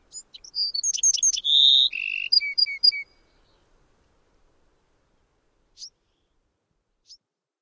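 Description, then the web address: Bewick's wren song: a quick varied phrase of high buzzy notes and a sustained note, then a series of short notes, followed by two faint chips. "Songs of Birds of North America Know Your Bird Sounds. Bewicks Wren"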